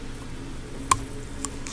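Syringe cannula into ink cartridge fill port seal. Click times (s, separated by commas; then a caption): 0.9 s. A syringe tip fitted with an Epson Skinny+ cannula is pushed through the remaining seal of an ink cartridge fill port, popping through with a sharp click at 0.9 s. Fainter ticks follow around 1.4 s and 1.7 s over a low background hum. The cannula is seated in the cartridge port.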